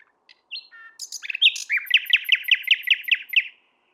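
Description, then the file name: Common nightingale song: a few thin whistles and short chirps, then a fast run of rich repeated notes. "Luscinia megarhynchos"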